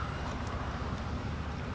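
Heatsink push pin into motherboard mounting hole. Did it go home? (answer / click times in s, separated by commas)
no / none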